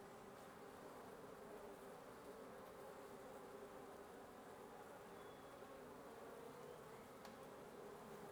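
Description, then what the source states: Wasps producing a constant low buzzing drone, with a brief faint whistle near five seconds and a sharp click shortly after seven. Wasp nest under the roof of a residence in Antigua Guatemala, Guatemala, recorded in the morning; headphone listening recommended.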